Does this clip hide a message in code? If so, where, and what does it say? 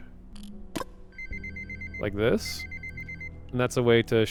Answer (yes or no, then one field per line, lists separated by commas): no